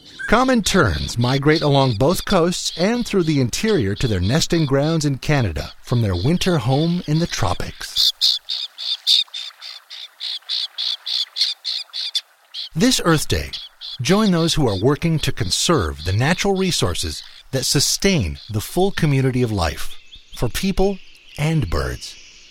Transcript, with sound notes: Common Terns migrate along both coasts and through the interior to their nesting grounds in Canada from their winter home in the tropics – [Call of the Common Tern with water ambient] This Earth Day, join those who are working to conserve the natural resources that sustain the full community of life, for people and birds.